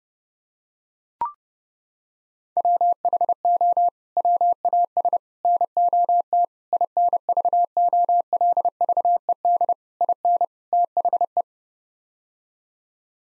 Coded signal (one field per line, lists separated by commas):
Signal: Morse code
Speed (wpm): 32 wpm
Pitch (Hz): 700 Hz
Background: none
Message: WHO WAS NOT INVOLVED IN THE